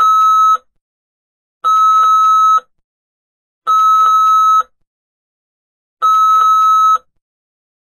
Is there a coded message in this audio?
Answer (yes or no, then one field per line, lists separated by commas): no